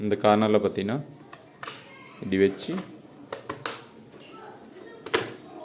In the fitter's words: Press பண்ணிங்கன்னா lock ஆகிடும்.